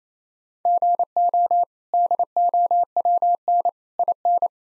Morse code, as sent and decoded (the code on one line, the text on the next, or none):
--. --- / -.. --- .-- -. / .. -.
GO DOWN IN